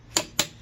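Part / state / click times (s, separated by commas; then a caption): click-type torque wrench on a wheel fastener / torque reached / 0.4 s. A click-type torque wrench is turned on a wheel fastener during front strut and stabilizer link replacement on a 2011 Toyota Sienna. A sharp tick sounds at 0.2 s, then the wrench gives a louder, crisp click at 0.4 s. This confirms it has reached its torque setting.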